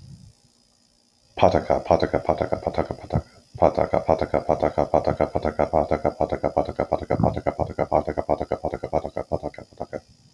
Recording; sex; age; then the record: repeated syllables /pa ta ka/; male; 30 to 39 years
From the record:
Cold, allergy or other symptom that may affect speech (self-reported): no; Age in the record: 39 years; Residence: Virginia, United States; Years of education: 17